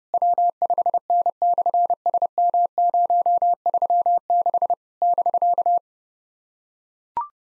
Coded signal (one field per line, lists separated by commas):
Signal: Morse code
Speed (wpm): 30 wpm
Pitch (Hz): 700 Hz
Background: none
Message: W5N/SM036 <BK>